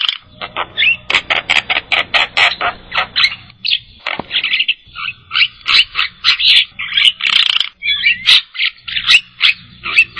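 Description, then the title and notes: Starling song, a busy run of harsh chattering notes and squeaky whistles repeated rapidly, with a faint low hum underneath. "suara burung jalak"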